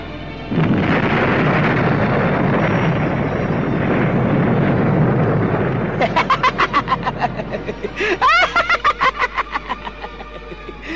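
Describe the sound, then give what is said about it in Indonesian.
A loud, sustained explosive roar of two colliding powers rumbles for several seconds, then breaks into a rapid series of pulsing bursts with a brief swooping tone, fading out in repeated throbs. “Lalu terdengarlah ledakan keras, dua kekuatan berbenturan.”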